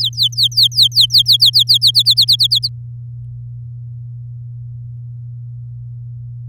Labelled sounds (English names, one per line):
Domestic Canary song